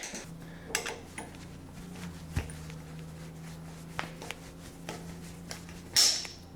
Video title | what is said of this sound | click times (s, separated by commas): TIG Welding Advice - Q&A | here that click so now this this clamps junk after it did that it stripped out | 4.0 s